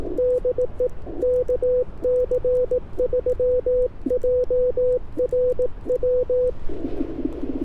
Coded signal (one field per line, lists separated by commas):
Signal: Morse code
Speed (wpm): 18 wpm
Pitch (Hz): 500 Hz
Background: none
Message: DE KC3JRW